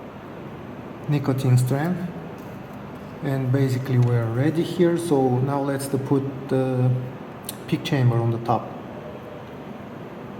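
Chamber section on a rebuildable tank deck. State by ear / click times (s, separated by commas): not seated / none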